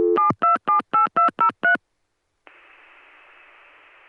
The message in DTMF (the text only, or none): 7278203